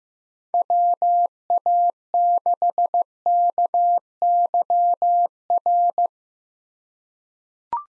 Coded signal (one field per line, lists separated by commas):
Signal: Morse code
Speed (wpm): 15 wpm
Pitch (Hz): 700 Hz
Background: none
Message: WA6KYR